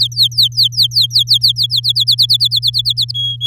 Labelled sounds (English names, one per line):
Domestic Canary song